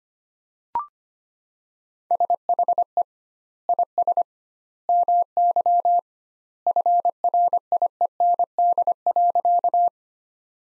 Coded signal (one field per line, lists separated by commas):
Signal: Morse code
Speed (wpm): 25 wpm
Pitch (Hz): 700 Hz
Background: none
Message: SHE IS MY FRIEND.